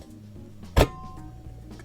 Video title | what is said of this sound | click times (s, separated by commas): Hamilton Beach Spiralizing Food Processor & Vegetable Chopper | it locks right into place so simple so far | 0.8 s